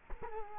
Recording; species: mosquito wingbeat signal from an infrared sensor; Culex quinquefasciatus